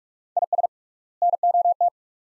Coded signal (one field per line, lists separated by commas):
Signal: Morse code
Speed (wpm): 47 wpm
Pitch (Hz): 700 Hz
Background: none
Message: IS NOT